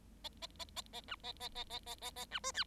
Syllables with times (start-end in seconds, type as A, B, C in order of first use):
0.24-0.29 A, 0.42-0.47 A, 0.59-0.65 A, 0.76-0.82 A, 0.93-1.01 A, 1.08-1.16 B, 1.23-1.32 A, 1.40-1.49 A, 1.55-1.64 A, 1.70-1.79 A, 1.86-1.95 A, 2.01-2.11 A, 2.16-2.25 A, 2.31-2.39 B, 2.43-2.52 C, 2.54-2.64 D